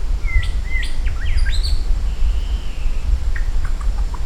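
Maratua shama song of clear, bright whistles, sliding upward and downward in quick succession, then softer notes trailing off, over a deep continuous rumble.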